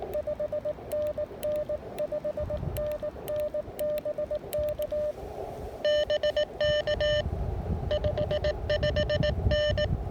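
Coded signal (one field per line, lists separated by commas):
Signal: Morse code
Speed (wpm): 18 wpm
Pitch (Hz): 600 Hz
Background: none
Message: 5NN 5NN BK BK 55N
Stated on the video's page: Park activation with an Icom IC-705 in gusty winds.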